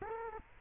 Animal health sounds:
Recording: mosquito wingbeat signal from an infrared sensor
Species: Culex quinquefasciatus

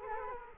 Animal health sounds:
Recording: mosquito wingbeat signal from an infrared sensor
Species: Culex quinquefasciatus

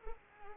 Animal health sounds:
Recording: mosquito wingbeat signal from an infrared sensor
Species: Anopheles arabiensis

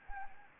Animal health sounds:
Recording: mosquito wingbeat signal from an infrared sensor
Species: Anopheles gambiae

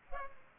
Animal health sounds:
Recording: mosquito wingbeat signal from an infrared sensor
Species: Culex pipiens

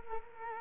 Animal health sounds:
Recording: mosquito wingbeat signal from an infrared sensor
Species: Culex quinquefasciatus

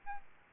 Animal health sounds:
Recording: mosquito wingbeat signal from an infrared sensor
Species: Aedes albopictus

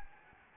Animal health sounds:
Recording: mosquito wingbeat signal from an infrared sensor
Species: Anopheles gambiae

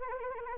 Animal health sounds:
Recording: mosquito wingbeat signal from an infrared sensor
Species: Anopheles arabiensis

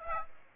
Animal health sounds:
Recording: mosquito wingbeat signal from an infrared sensor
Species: Aedes aegypti

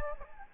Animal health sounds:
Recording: mosquito wingbeat signal from an infrared sensor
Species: Anopheles gambiae

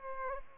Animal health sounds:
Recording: mosquito wingbeat signal from an infrared sensor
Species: Culex pipiens

